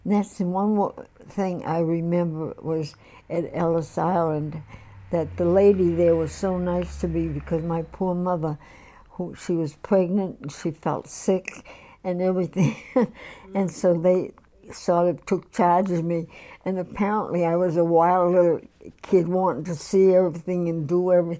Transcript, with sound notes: And that's the one thing I remember was, at Ellis Island, that the lady there was so nice to me, because my poor mother, who, she was pregnant and she felt sick, and everything. (she laughs) And so they sort of took charge of me. And apparently I was wild little kid wanting to see everything and do everything.